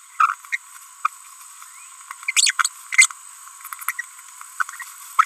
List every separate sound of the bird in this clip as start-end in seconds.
0.19-0.34, 0.53-0.56, 1.05-1.07, 2.28-2.31, 2.37-2.51, 2.59-2.68, 2.92-3.06, 3.88-3.91